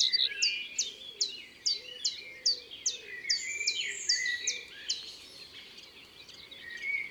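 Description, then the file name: Common chiffchaff singing a quick series of high falling notes for the first few seconds, then fading, with lower warbles from other birds and constant low hum. Recorded in the Drôme, France, for the album Concerts naturels de la Drôme by Studio les Trois Becs. "Pouillot veloce Concerts Naturels de la Drome Studio les Trois Becs"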